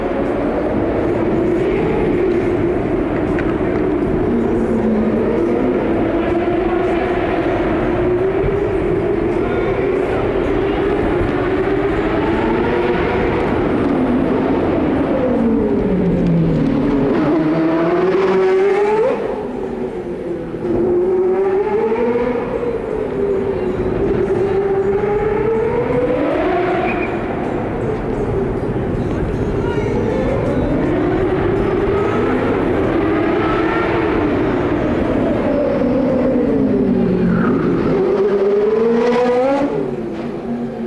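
Race cars scream past on a street circuit, their engine notes rising and falling in wavering sweeps as drivers shift and brake for corners. The roar is dense and continuous, with brief dips near 17 and 38 seconds before the next pack arrives.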